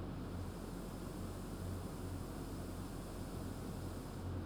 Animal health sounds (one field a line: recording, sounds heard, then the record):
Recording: poultry house recording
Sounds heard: no chicken sound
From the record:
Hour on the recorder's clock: 20